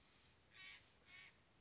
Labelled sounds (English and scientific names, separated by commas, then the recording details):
Steller's Jay (Cyanocitta stelleri)
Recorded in Sonoma County, California